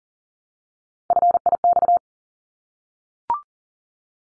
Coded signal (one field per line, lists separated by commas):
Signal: Morse code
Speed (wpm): 40 wpm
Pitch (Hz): 700 Hz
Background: none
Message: FIX